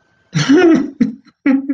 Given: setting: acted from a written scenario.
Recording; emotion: vocal sound without words; sadness